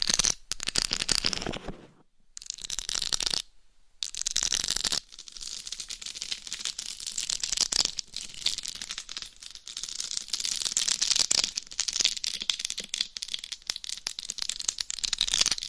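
Covers and nails rattle and scrape in a dense, bright clatter of tiny clicks and rustles. Two short silences break it up early, near two and four seconds. After that it runs on steadily to the end, swelling slightly now and then.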